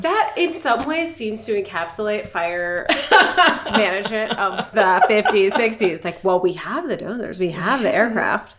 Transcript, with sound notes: That, in some ways seems to encapsulate fire [laughs] management of the '50s, '60. It's like, well, we have the dozers, we have the aircraft...